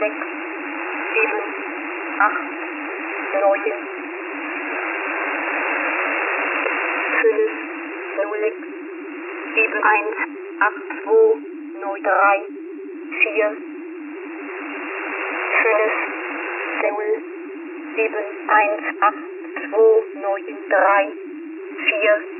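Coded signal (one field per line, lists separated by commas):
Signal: numbers station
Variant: G06, Russian language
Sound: short clipped spoken numbers over radio hiss, words crowding and stumbling together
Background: radio static, low hum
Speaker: and As you can hear in that One G6 is a little messed Up It's Got paes It's Got numbers too quickly Next To each other It's Running It's Falling over itself all the time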